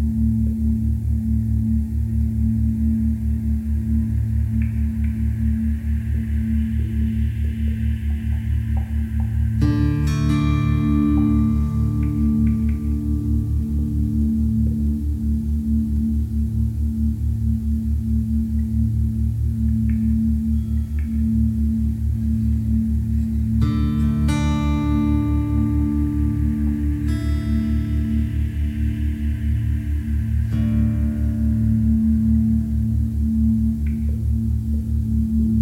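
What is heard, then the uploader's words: Binaural beats: a steady, dense low drone holds unchanged for the whole stretch, with a fine regular pulse running through it. Bright ringing tones like a struck singing bowl enter around 10, 24 and 27 seconds, each ringing out and slowly fading over the drone. Deep Meditation with Soft Music and Theta Brainwaves. Brainwave Entrainment using Binaural Beats.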